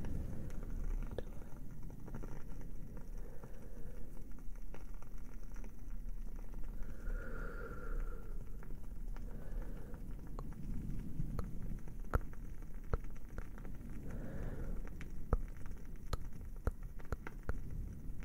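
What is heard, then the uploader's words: A crackling fire burns under a steady low rumble. Sharp pops and snaps come irregularly throughout, growing more frequent and brighter after the midpoint. Around seven seconds a soft, faint tonal sound briefly rises over the hiss. Cozy fire sounds, crackling candle.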